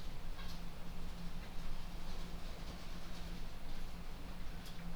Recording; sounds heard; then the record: poultry house recording; sick chickens (respiratory disease)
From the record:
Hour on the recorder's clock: 0